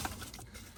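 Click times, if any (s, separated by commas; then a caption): none. A new steering shaft bearing for a 1999–2006 Chevy/GMC truck or SUV is pushed by hand up into the steering column housing. There is a brief soft rustle of handling near the start, then quiet, low background noise. Nothing has seated or clicked yet.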